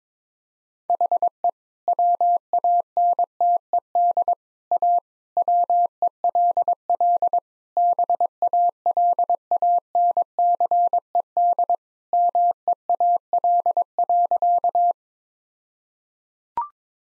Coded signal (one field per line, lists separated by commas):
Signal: Morse code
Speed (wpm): 22 wpm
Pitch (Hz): 700 Hz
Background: none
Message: HE WANTED A WELL BALANCED MEAL.